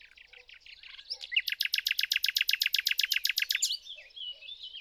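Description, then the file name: Common nightingale song with soft chattering notes leading into a loud, rapid rattle of many repeated notes, then quieter whistled phrases. "Luscinia megarhynchos"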